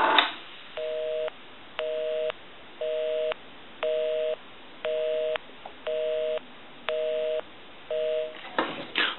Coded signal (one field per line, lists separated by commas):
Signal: telephone call progress tone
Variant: North America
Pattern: busy tone